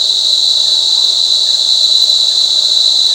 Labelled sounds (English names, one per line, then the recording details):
none
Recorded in shrubland near Pivijay, Magdalena, Colombia, on 13 April 2023 at 07:30
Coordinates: 10.453, -74.365
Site P5-G022